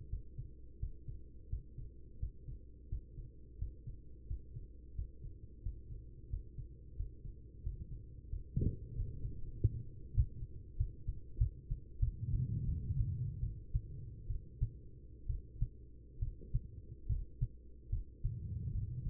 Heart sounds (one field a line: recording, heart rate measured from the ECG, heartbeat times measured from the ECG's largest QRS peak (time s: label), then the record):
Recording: heart sounds by stethoscope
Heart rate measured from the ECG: 84 bpm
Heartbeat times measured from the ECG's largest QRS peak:
0.08 s: heartbeat
0.78 s: heartbeat
1.48 s: heartbeat
2.18 s: heartbeat
2.87 s: heartbeat
3.57 s: heartbeat
4.26 s: heartbeat
4.94 s: heartbeat
5.61 s: heartbeat
6.28 s: heartbeat
6.95 s: heartbeat
7.62 s: heartbeat
8.28 s: heartbeat
8.94 s: heartbeat
9.35 s: heartbeat
10.13 s: heartbeat
10.76 s: heartbeat
11.37 s: heartbeat
11.99 s: heartbeat
12.65 s: heartbeat
13.40 s: heartbeat
14.27 s: heartbeat
15.26 s: heartbeat
16.19 s: heartbeat
17.07 s: heartbeat
17.90 s: heartbeat
18.72 s: heartbeat
From the record:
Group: healthy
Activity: Valsalva maneuver 0-10 s, rest 10-19 s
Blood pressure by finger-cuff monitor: 101/79 mmHg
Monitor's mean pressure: 87 mmHg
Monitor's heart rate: 86 bpm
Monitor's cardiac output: 5 L/min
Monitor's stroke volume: 57 mL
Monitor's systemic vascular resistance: 1270 dyn s/cm5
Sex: female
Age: 43 years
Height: 160 cm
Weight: 90 kg